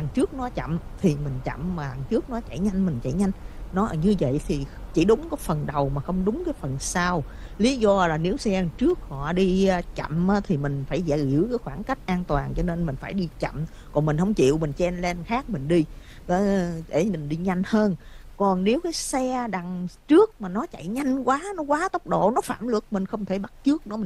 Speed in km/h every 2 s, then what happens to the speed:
74, 72, 69, 63, 52, 42, 39, 32, 15, 0, 0, 0.
3-18 brakes to 0. 18-24 standing.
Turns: none.